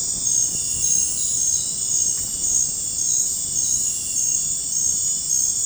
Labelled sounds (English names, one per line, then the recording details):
none
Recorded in dense forest near Puerto Asís, Putumayo, Colombia, on 26 December 2024 at 23:00
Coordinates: 0.481, -76.323
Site G100